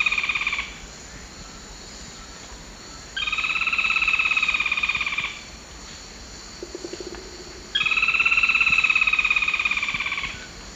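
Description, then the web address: Olive-backed foliage-gleaner singing rapid harsh rattled trills, each around two to two and a half seconds long, repeated, with a brief lower trill between them. Recorded in the eastern lowlands of South America. "ENTER Music and Audio. Nature Songs S America Eastern Lowlands. Automolus infuscatus, song"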